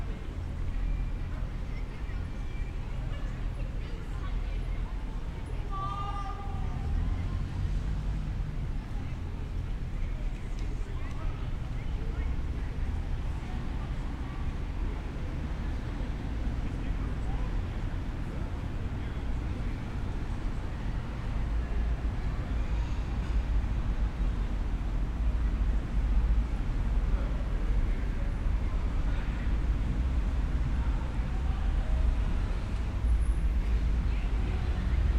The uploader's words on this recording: Binaural Roman City Walk | City of Bath. Walk through the historic city of Bath.